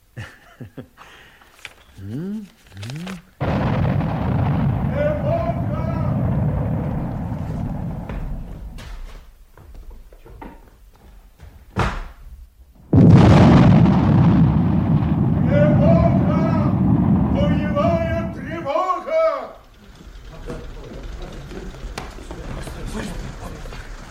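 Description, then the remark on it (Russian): Heavy booming blasts of artillery fire striking a column of vehicles break out in sudden loud bursts, followed by a sustained rumbling roar, with voices talking over the din. “Видно, по нашим машинам бьют.”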